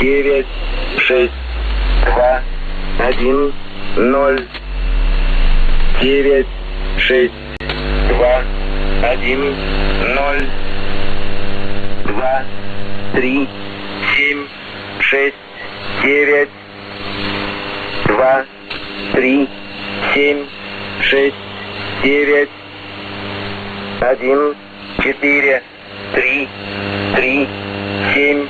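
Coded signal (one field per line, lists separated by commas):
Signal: numbers station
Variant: S06s, Russian male voice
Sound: male voice reading short evenly spaced words over radio, steady background hum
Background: radio static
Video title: 16 02 2019 S06s Russian Man Numbers station in Russian to Eu 2008 on 5091 unknown tx site USB+AM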